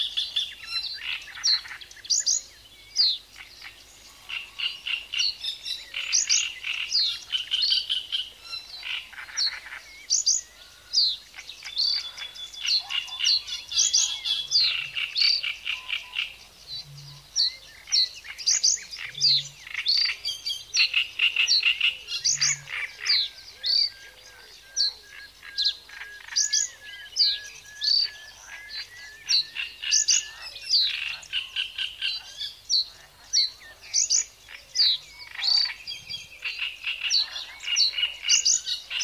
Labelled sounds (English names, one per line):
Reed Bunting